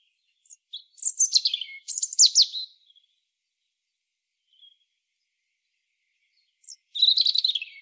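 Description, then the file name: European robin song with two quick bursts of high, scratchy twitters and descending whistles, a silent gap, then a fresh jumbled phrase starting near the end. "Erithacus rubecula"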